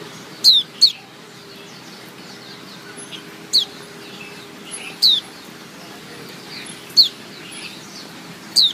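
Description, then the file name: White-eye repeating short, high, down-slurred call notes, one in a quick pair, every two seconds or so, with faint background hiss. Female bird. "suara pleci betina omkicau"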